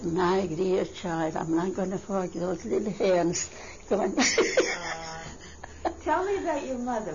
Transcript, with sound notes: "My dear child, I'm not going to forget those little hands." ( she laughs )
Ahh. Tell me about your mother.